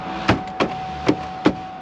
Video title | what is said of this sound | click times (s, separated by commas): NOT Clickbait! Mileage Discrepancy! 2007 Project Silverado 6.6 Duramax LBZ | Snap, crackle, poppage. | 0.3 s, 0.6 s, 1.1 s, 1.5 s